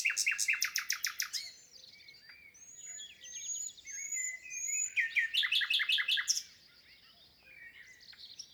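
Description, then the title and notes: Common nightingale singing a fast rattling trill, then a row of clear upslurred whistles and another rapid churring burst, over faint low background hiss. Wild common nightingale singing in spring after arrival, 22 April 2020, Lesches-en-Diois, France, recorded in stereo with a portable recorder amid absence of human noise. "22 avril 2020-Lesches en diois. le chant du Rossignol Philomène (Luscinia megarhynchos)"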